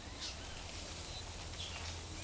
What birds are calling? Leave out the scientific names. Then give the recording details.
none. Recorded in forest near Pivijay, Magdalena, Colombia, on 18 April 2023 at 11:30. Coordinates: 10.467, -74.380. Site Z5-G034